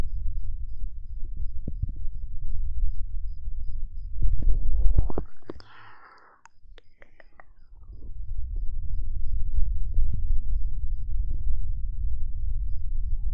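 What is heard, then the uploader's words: Muffled ear-eating mouth sounds over a steady low rumble, with scattered soft clicks and wet smacks. Around four to five seconds it swells louder, then drops almost silent for a couple of seconds where a brief, brighter wet sound stands out before the rumble returns. ASMR Ear Eating Instant Tingles.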